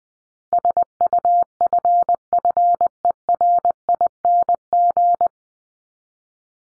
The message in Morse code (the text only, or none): SUFFERING